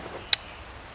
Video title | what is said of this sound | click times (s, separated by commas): Pulling apart the 94" tripod with help from 82 year old John - K&F Concept | You can hear those clicks going on the | 0.3 s